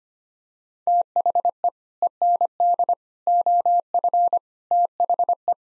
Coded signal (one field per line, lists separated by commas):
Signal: Morse code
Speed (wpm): 25 wpm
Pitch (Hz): 700 Hz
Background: none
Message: THE END OF THE